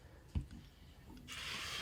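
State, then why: Seated. A washer, or bushing hat, is pushed up onto the pivot bushing of a SNO-GO ski bike chassis. It snaps into place around the bushing with a short, sharp hit at 0.4 s, seating it so the pivot can spin freely. Faint handling noises follow, then a steady broadband hiss from about 1.3 s to the end.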